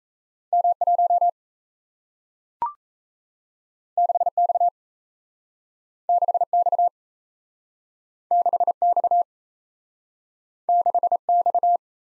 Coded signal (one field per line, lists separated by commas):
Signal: Morse code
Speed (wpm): 38 wpm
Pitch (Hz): 700 Hz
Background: none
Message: M 1 6 X 6 X 6 X 6 X